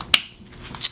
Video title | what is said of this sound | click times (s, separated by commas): R7 Replay XD 1080 Mini - Official Badlands Paintball | and it snaps into place now this particular mount | 0.1 s